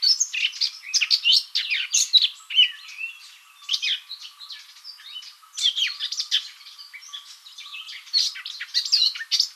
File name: Sylvia atricapilla